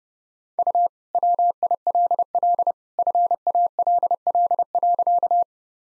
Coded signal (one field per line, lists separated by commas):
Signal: Morse code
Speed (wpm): 30 wpm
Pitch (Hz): 700 Hz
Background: none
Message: U WILL FALL.